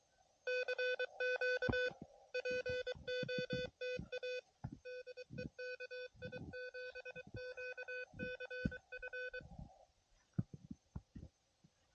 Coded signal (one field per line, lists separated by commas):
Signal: Morse code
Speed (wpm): 23 wpm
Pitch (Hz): 500 Hz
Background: none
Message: CQ POTA DE KI7QCF